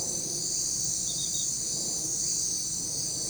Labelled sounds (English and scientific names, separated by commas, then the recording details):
none
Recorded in forest near Pivijay, Magdalena, Colombia, on 5 June 2023 at 19:00
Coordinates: 10.467, -74.380
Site Z5-G034